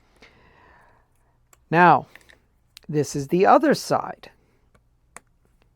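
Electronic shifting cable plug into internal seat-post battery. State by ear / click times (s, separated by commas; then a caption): seated / 5.2 s. A Shimano Di2 e-tube electronic shifting cable plug is pushed into the other side of an internal seat-post battery while someone talks. A sharp click is heard at 5.2 s as the connector locks into the battery port, and it is seated.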